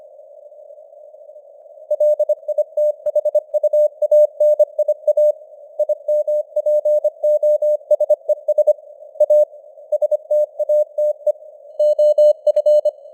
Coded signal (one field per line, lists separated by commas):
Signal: Morse code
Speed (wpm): 25 wpm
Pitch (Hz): 600 Hz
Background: none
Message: LITHUANIA IMPOSES A STATE OF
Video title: Morse Code News | 2025-12-09 | 25wpm